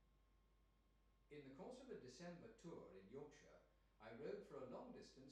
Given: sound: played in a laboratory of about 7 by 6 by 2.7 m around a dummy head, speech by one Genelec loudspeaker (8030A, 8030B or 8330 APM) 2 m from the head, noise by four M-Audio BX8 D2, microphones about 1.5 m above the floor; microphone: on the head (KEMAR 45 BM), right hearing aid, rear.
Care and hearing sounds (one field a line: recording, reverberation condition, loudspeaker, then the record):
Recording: male speech in English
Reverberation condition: medium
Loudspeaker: 30 degrees to the left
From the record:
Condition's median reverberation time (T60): about 510 ms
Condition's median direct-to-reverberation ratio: about -0.5 dB